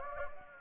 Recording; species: mosquito wingbeat signal from an infrared sensor; Anopheles gambiae